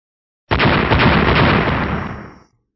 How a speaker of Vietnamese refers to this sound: Một đoàn bạch quang sáng tỏ đột nhiên hiện ra ở phía trước đám người nam tử nho nhã như ánh mặt trời, rồi ầm ầm nổ tung, vô số tia sáng bắn ra, lập tức như nuốt sống cả đám.